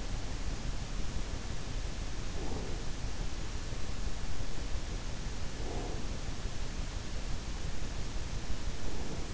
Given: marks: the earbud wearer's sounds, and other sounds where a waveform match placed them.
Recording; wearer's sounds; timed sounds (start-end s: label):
sounds in sleep by an in-ear microphone; breath
2.30-2.88 s: breath
5.44-6.11 s: breath
8.80-9.34 s: breath